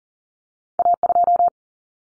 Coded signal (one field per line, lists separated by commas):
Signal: Morse code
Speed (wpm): 40 wpm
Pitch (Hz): 700 Hz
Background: none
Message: A2